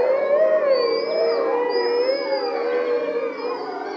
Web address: Lupo Hurlement